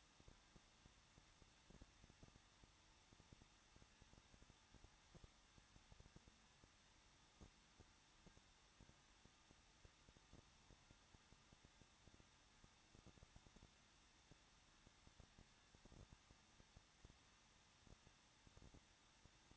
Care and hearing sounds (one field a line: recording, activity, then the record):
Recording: daily activity, microphone in the room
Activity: no activity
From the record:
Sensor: 3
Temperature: 21.2 degrees Celsius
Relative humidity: 36.2%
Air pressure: 1006.4 hPa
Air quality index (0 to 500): 221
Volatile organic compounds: 40 ppm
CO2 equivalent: 3142 ppm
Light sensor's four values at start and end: 2/3/2/2 and 2/3/2/2